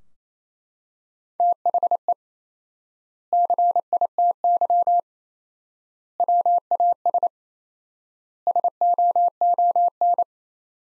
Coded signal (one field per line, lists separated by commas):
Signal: Morse code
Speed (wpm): 28 wpm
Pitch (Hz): 700 Hz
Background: none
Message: THE CITY WAS SOON